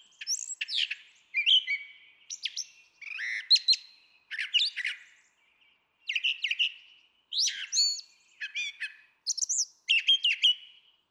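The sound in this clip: Brown Thrasher singing a string of varied phrases, whistled slurs, harsh notes and chirps, often doubled, separated by short gaps.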